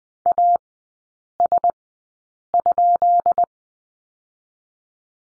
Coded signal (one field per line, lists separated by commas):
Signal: Morse code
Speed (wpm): 20 wpm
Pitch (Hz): 700 Hz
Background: none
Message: AS?